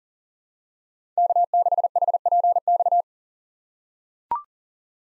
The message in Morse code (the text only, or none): K6HPX